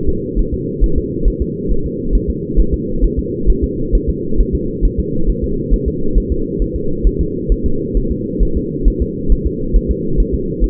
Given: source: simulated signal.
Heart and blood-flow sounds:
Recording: fetal heart sounds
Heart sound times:
0.09 s: S2
0.39 s: S1
0.54 s: S2
0.84 s: S1
0.98 s: S2
1.28 s: S1
1.42 s: S2
1.71 s: S1
1.86 s: S2
2.15 s: S1
2.30 s: S2
2.59 s: S1
2.74 s: S2
3.04 s: S1
3.19 s: S2
3.50 s: S1
3.64 s: S2
3.95 s: S1
4.09 s: S2
4.40 s: S1
4.55 s: S2
4.85 s: S1
5.00 s: S2
5.29 s: S1
5.44 s: S2
5.74 s: S1
5.88 s: S2
6.18 s: S1
6.32 s: S2
6.62 s: S1
6.76 s: S2
7.07 s: S1
7.21 s: S2
7.52 s: S1
7.66 s: S2
7.97 s: S1
8.12 s: S2
8.43 s: S1
8.57 s: S2
8.88 s: S1
9.02 s: S2
9.32 s: S1
9.47 s: S2
9.76 s: S1
9.91 s: S2
10.20 s: S1
10.35 s: S2
10.64 s: S1
From the record:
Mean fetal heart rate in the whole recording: 135 bpm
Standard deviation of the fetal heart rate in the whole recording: 3 bpm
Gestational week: 36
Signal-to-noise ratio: -8.1 dB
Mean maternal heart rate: 72 bpm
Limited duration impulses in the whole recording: absent

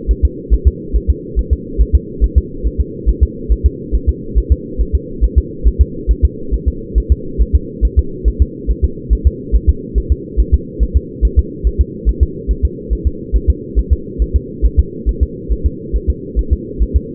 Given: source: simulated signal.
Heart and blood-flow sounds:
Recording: fetal heart sounds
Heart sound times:
0.11 s: S1
0.25 s: S2
0.53 s: S1
0.67 s: S2
0.96 s: S1
1.10 s: S2
1.39 s: S1
1.53 s: S2
1.81 s: S1
1.95 s: S2
2.24 s: S1
2.38 s: S2
2.66 s: S1
2.80 s: S2
3.09 s: S1
3.23 s: S2
3.52 s: S1
3.66 s: S2
3.95 s: S1
4.09 s: S2
4.38 s: S1
4.52 s: S2
4.81 s: S1
4.95 s: S2
5.24 s: S1
5.38 s: S2
5.67 s: S1
5.81 s: S2
6.11 s: S1
6.25 s: S2
6.54 s: S1
6.68 s: S2
6.98 s: S1
7.12 s: S2
7.41 s: S1
7.55 s: S2
7.85 s: S1
7.99 s: S2
8.28 s: S1
8.42 s: S2
8.70 s: S1
8.84 s: S2
9.13 s: S1
9.27 s: S2
9.55 s: S1
9.69 s: S2
9.98 s: S1
10.12 s: S2
10.40 s: S1
10.54 s: S2
10.83 s: S1
10.97 s: S2
11.25 s: S1
11.39 s: S2
11.67 s: S1
11.81 s: S2
12.09 s: S1
12.23 s: S2
12.51 s: S1
12.65 s: S2
12.93 s: S1
13.07 s: S2
13.36 s: S1
13.50 s: S2
13.79 s: S1
13.93 s: S2
14.22 s: S1
14.36 s: S2
14.66 s: S1
14.79 s: S2
15.09 s: S1
15.23 s: S2
15.52 s: S1
15.66 s: S2
15.96 s: S1
16.10 s: S2
16.39 s: S1
16.53 s: S2
16.82 s: S1
16.96 s: S2
From the record:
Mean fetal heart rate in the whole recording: 140 bpm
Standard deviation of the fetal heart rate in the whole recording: 2 bpm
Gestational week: 34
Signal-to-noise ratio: -4.3 dB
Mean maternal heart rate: 72 bpm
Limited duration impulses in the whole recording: absent

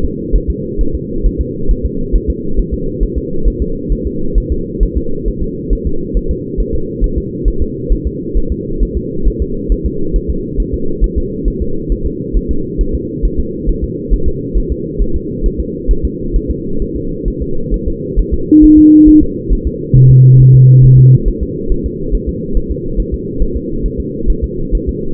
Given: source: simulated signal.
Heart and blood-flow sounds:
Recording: fetal heart sounds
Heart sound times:
0.04 s: S2
0.35 s: S1
0.50 s: S2
0.81 s: S1
0.95 s: S2
1.26 s: S1
1.41 s: S2
1.71 s: S1
1.85 s: S2
2.16 s: S1
2.30 s: S2
2.59 s: S1
2.74 s: S2
3.03 s: S1
3.18 s: S2
3.48 s: S1
3.62 s: S2
3.92 s: S1
4.07 s: S2
4.38 s: S1
4.52 s: S2
4.83 s: S1
4.97 s: S2
5.28 s: S1
5.43 s: S2
5.73 s: S1
5.87 s: S2
6.17 s: S1
6.31 s: S2
6.60 s: S1
6.75 s: S2
7.04 s: S1
7.18 s: S2
7.48 s: S1
7.62 s: S2
7.92 s: S1
8.07 s: S2
8.38 s: S1
8.52 s: S2
8.83 s: S1
8.97 s: S2
9.28 s: S1
9.42 s: S2
9.72 s: S1
9.86 s: S2
10.16 s: S1
10.30 s: S2
10.60 s: S1
10.74 s: S2
11.04 s: S1
11.18 s: S2
11.48 s: S1
11.62 s: S2
11.92 s: S1
12.06 s: S2
12.37 s: S1
12.51 s: S2
12.81 s: S1
12.95 s: S2
13.25 s: S1
13.40 s: S2
13.69 s: S1
13.84 s: S2
14.13 s: S1
14.28 s: S2
14.57 s: S1
14.72 s: S2
15.02 s: S1
15.16 s: S2
15.46 s: S1
15.60 s: S2
15.91 s: S1
16.05 s: S2
16.36 s: S1
16.51 s: S2
16.82 s: S1
16.96 s: S2
17.28 s: S1
17.42 s: S2
17.74 s: S1
17.88 s: S2
18.19 s: S1
18.34 s: S2
18.64 s: S1
18.79 s: S2
19.09 s: S1
19.23 s: S2
19.53 s: S1
19.67 s: S2
19.97 s: S1
20.11 s: S2
20.41 s: S1
20.55 s: S2
20.84 s: S1
20.99 s: S2
21.28 s: S1
21.43 s: S2
21.72 s: S1
21.86 s: S2
22.15 s: S1
22.29 s: S2
22.57 s: S1
22.72 s: S2
23.00 s: S1
23.14 s: S2
23.42 s: S1
23.57 s: S2
23.86 s: S1
24.00 s: S2
24.30 s: S1
24.44 s: S2
24.75 s: S1
24.89 s: S2
From the record:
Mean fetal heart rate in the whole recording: 135 bpm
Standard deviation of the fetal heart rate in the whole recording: 3 bpm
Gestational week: 36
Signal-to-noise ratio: -8.1 dB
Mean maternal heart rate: 72 bpm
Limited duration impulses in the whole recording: present

